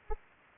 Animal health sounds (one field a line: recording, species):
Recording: mosquito wingbeat signal from an infrared sensor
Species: Anopheles arabiensis